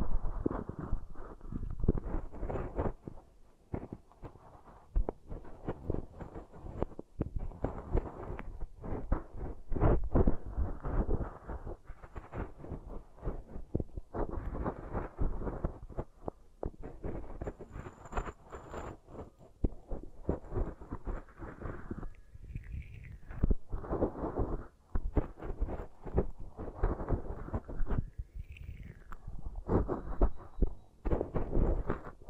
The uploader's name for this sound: Beeswax Ear Triggers